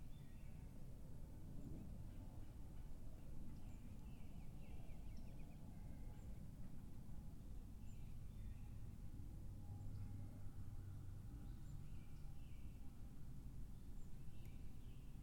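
Outdoor ambience from woods beside a bog, dominated by a steady low rumble like traffic that never lets up. Faint bird calls chirp in short bursts every few seconds, and a thin, constant hum runs underneath throughout.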